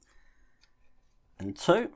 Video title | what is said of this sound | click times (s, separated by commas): Build the 007 James Bond DB5 Aston Martin 1:8 Scale - Stage 84-85 - The Completed Vehicle | ils se clipsent simplement dans les côtés un | 0.0 s